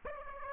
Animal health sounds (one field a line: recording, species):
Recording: mosquito wingbeat signal from an infrared sensor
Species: Aedes aegypti